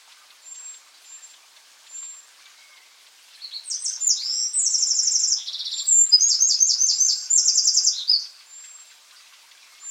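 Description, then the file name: Eurasian wren: a few faint high notes, then an energetic, high-pitched song of rapid trills and warbles lasting about four and a half seconds. "Troglodytes troglodytes"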